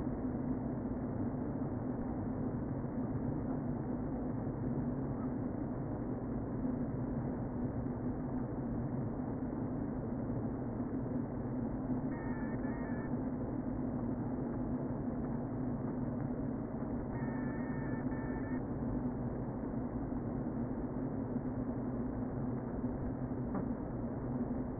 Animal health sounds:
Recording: honeybee colony, microphone inside the hive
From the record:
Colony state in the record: queen present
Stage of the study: before two queens were removed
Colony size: about 60,000 bees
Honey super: yes

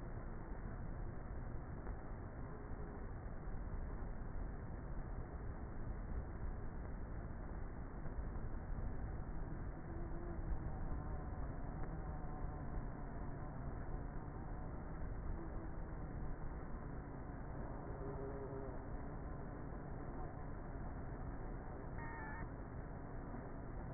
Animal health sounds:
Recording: honeybee colony, microphone inside the hive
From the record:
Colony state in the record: queenless with a low population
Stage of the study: before two queens were removed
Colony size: about 30,000 bees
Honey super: no

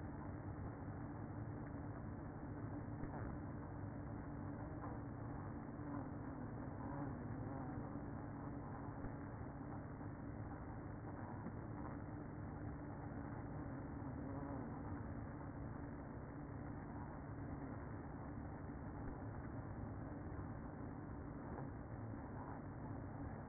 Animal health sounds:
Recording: honeybee colony, microphone inside the hive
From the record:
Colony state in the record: queen present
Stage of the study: after two queens were removed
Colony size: about 60,000 bees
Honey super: yes

